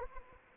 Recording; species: mosquito wingbeat signal from an infrared sensor; Anopheles arabiensis